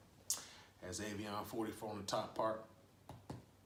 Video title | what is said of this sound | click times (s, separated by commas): Drams on Deck Avion 44 Tequila Review | it's very nice closes like a magnet this snaps right in place as | 0.3 s